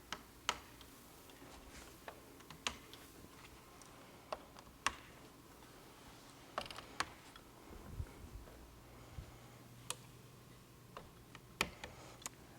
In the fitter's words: You'll hear a little click.